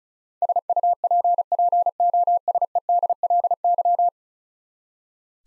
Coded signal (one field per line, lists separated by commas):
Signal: Morse code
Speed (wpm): 36 wpm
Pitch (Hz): 700 Hz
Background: none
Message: SUPPOSEDLY